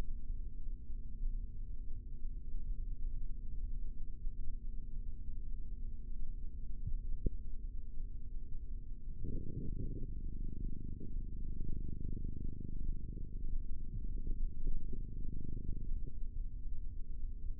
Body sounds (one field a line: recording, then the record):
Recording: forearm muscle sounds (acoustic myography)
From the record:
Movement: rest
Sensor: system 3, bracelet of six PUI Audio POM-2738L microphones around the upper forearm, with dedicated amplification and filtering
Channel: 6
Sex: male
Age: 26 years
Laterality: right